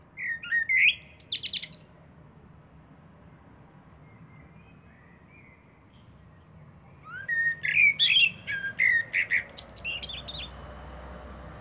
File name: Turdus merula